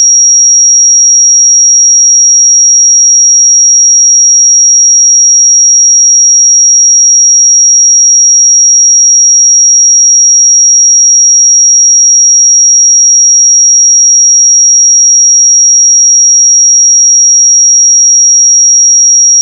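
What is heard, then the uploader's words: A pure sine tone at 5659 Hz holds perfectly steady for the whole clip, thin and piercingly high with nothing else around it. Its level never changes, and no pulsing or breaks are evident across the nineteen seconds. 5659 Hz 1 Hz Interval Sine Pure Tone Frequency 441000 Sample Mono.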